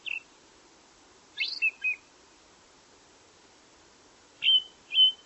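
Bird calls: brief high chirps, with a quick trio of notes early on and two clear whistled chirps near the end, separated by silence.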